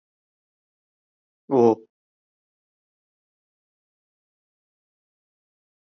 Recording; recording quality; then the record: sustained vowel as in boot; excellent, no background noise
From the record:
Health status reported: healthy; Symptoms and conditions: none ticked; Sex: male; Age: 33 years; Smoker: not ticked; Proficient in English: yes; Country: India